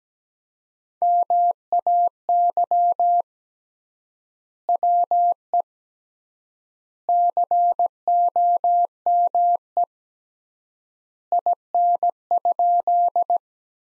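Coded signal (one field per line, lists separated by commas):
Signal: Morse code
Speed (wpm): 17 wpm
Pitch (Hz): 700 Hz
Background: none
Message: MAY WE COME IN?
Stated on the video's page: Morse practice at 17 wpm: sentences from the top 100 words with 3x word spacing, a Farnsworth-like method using words.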